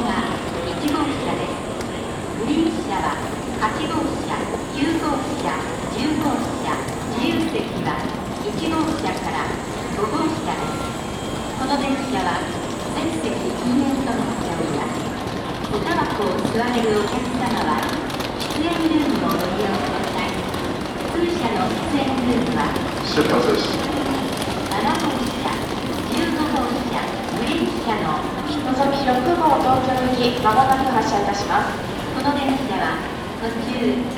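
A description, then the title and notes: Shinkansen platforms at Kyoto Station, filled with a steady murmur of many overlapping voices. A thin high whine runs through the first fifteen seconds, briefly breaking near the eight-second mark, while scattered footsteps and clicks tap throughout and the crowd swells slightly near the end. Kyoto Station - Shinkansen Platforms. Sound recorded with Zoom H2N in 2 channel surround mode.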